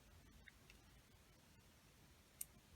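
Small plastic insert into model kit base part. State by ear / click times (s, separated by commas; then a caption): not seated / none. A small yellow plastic piece is pushed into the centre of part 4B of a DeLorean model kit, where the instructions say it should click. Only faint ticks are heard at about 0.5 s and 0.7 s, plus a sharper tick at 2.4 s. Nothing clicks into place, and the piece just spins freely.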